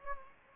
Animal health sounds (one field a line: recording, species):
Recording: mosquito wingbeat signal from an infrared sensor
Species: Anopheles gambiae